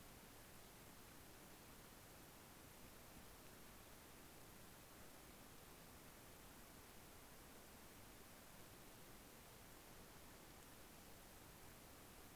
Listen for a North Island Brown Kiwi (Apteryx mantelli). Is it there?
no